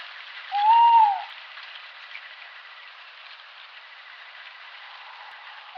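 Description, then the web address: Tawny owl call: one short arched whistle near the start, followed by several seconds of quiet hiss. "strix aluco call"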